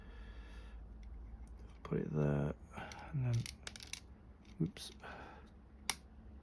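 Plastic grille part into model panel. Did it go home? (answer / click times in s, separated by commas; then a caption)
yes / 5.9 s. A plastic grille part from a model kit is pushed into the model panel after a slip, and someone talks briefly. Small light ticks and clicks occur around 3.8–3.9 s. One sharp snap at 5.9 s marks the grille seating in the panel.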